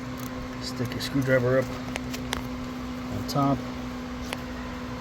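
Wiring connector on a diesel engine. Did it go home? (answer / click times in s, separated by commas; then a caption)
released / 4.3 s. Someone talks while a screwdriver gently pries up the plastic lock on a second wiring connector on the diesel engine of a 2014 Passat TDI during a valve cover gasket replacement, over a steady background hum. A sharp click at 4.3 s marks the connector lock releasing and coming unlocked.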